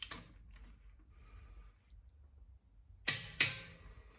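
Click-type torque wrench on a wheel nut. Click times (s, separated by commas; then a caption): 3.1 s, 3.4 s. A click-type torque wrench tightens the next wheel nut with the same wrench until it reaches its setting. After a faint click at the start and quiet ratcheting, two loud, sharp clicks ring out at 3.1 and 3.4 seconds. This marks the confirmed torque point.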